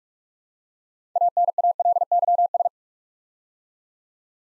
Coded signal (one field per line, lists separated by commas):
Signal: Morse code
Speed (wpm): 44 wpm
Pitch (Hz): 700 Hz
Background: none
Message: ANALYS